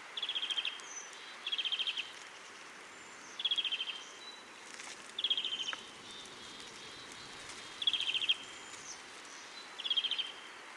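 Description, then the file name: European greenfinch giving short, rapid twittering trills in six separate bursts, each under a second, with short pauses between them over a faint steady background hiss. "Chloris chloris"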